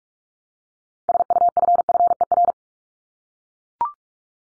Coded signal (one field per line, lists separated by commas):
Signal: Morse code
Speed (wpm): 44 wpm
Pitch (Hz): 700 Hz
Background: none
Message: SUFFER